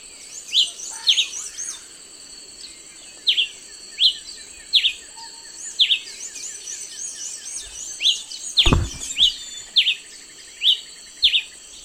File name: canto da pipira de mascara